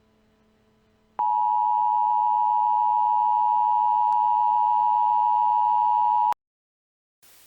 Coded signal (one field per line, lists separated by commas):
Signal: Emergency Alert System (SAME) tones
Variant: 853 and 960 Hz attention tone